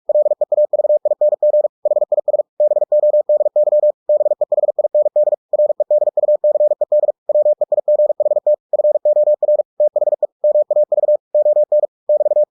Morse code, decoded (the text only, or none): LEAVING HIS BODY BEHIND REDUCED WEIGHT FOR THE MAV ON <BT>